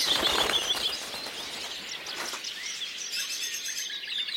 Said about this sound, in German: In einem der Gehege des Zoologischen Gartens waren Tiere vergessen worden. Die Vögel schrien entsetzlich.